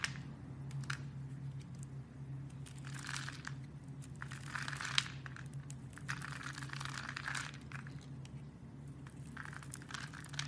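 Soap carving: small scraping and crinkling strokes come in short bursts, busiest from about three to six seconds, with a sharp click near five seconds. Beneath them a steady low hum runs unbroken throughout, and the scratching stays soft and textured.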